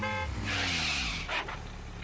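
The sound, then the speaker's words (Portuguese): A car horn gives a short, steady toot at the start, then a motor's low rumble and a rushing road noise carry on as the vehicle drives past. “Olha, que carro bacana, hein”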